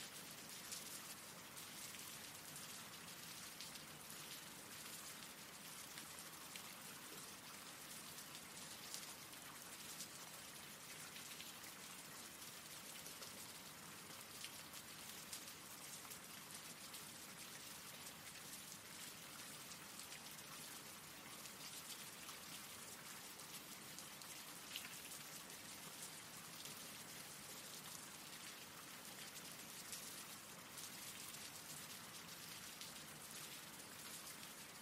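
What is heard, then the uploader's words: Rain falls steadily and densely for the whole stretch, a constant bright hiss with fine crackling drops layered through it. The level barely shifts, with only a few slightly louder patters here and there and no other sounds standing out. RAIN SOUNDS.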